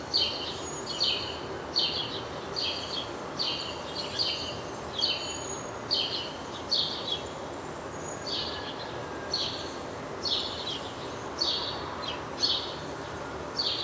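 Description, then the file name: House sparrow chirps: a long series of many short, scratchy notes at an irregular pace, against a steady noisy background. "Passer domesticus"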